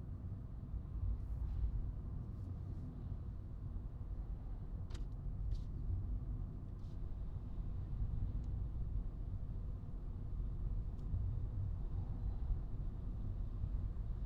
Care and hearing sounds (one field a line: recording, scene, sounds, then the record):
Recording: everyday scene through a hearing-aid microphone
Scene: in a vehicle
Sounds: engine, highway traffic jam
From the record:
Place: Skoda Fabia, gasoline engine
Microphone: in the ear canal, right